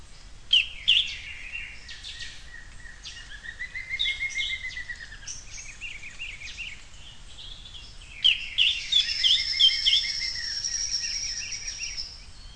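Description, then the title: Songbird giving high, varied whistled phrases with trills and slurred notes, a first bout around the first five seconds, then a second, richer burst after eight seconds. "LuckyPassaro Completos2Sama"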